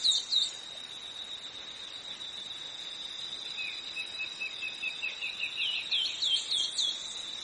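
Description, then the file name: Long-winged antwren gives a brief note burst, later a lower series of repeated notes leading into a brighter run of upslurred notes, all under a continuous insect hum. "canto da choquinha de asa comprida"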